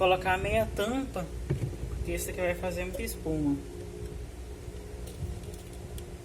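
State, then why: Seated. A plastic half lid is fitted onto the tub opening of a Black&Decker washing machine to keep the foam in while it washes uniforms. Someone talks over a low background hum, and at 6.0 s a short sharp click is heard as the lid seats properly into place.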